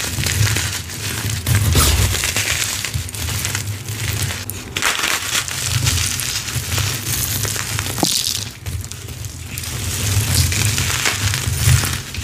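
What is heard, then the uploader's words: Dyed gym chalk bombs are crushed in a steady, dense stream of gritty crunching and crumbling, with soft low thuds underneath. Brighter hissing bursts of powdery crumbling come and go throughout, and a sharp crack stands out near the eight-second mark. Exploding Gym Chalk Bombs Overload. ASMR Crushing dyed gym chalk bombs filled with soap, glitter, powder and more!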